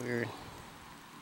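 A plastic accessory or shell piece is pressed onto a jointed S.H.Figuarts Donatello or Leonardo 2016 action figure while someone talks. Nothing has seated or clicked yet. Only handling is heard, with a short burst of speech at the start, then a low, steady background.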